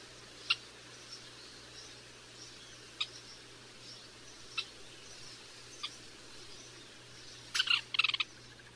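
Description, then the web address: Western kingbird uttering isolated sharp kip notes every second or two, then a short quick twittering burst near the end, over faint background hiss and low hum. Recorded in North America. "Songs of Birds of North America. Western Kingbird"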